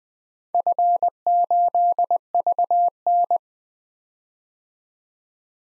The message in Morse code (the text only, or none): F8VN